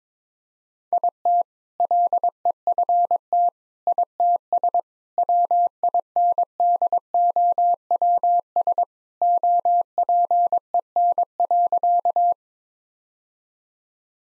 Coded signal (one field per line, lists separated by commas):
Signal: Morse code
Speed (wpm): 22 wpm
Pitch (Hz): 700 Hz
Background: none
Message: IT LEFT ITS WINDOWS OPEN.